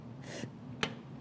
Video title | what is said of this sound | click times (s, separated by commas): $4100 ModMonday PC Build with Dish – Giveaways + NZXT H710i (12900k / EVGA RTX 3080Ti FTW3) | There you go. Oh, it sounds like it's in. I heard a good click. | 0.8 s